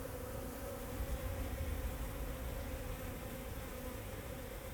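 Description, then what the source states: Bees buzzing, a steady low hum with layered tones, over a low rumbling background. Bees flying around the recordist in Jacques Brelpark, Kersbeeklaan, Vorst, Belgium; train in background; recorded binaurally with a Sennheiser Ambeo binaural headset.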